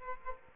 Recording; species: mosquito wingbeat signal from an infrared sensor; Aedes aegypti